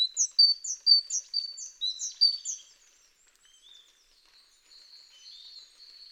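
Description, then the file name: Great tit calls: a quick series of high, sharp chirping notes for about two and a half seconds, then fainter thin notes trailing off. "Parus major"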